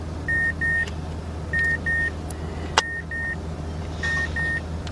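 A small tweeter speaker is lined up with the opening in the left front door panel of a 2011–2014 Mazda 2 and pressed until its plastic clips snap into place. Pairs of steady electronic beeps sound over a low hum. A single sharp snap at 2.8 s marks the tweeter seating in the door panel.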